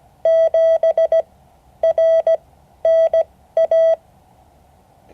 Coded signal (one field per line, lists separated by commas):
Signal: Morse code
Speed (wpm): 17 wpm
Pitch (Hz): 650 Hz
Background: none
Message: 7 RNA